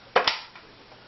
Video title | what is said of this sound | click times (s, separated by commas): Panasonic NI-WL600 Cordless(Kitchen) Immediately | and it snaps back in like so | 0.2 s, 0.3 s